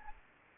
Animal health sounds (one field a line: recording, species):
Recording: mosquito wingbeat signal from an infrared sensor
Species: Anopheles gambiae